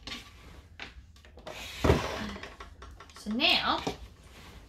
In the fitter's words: and you hear it click so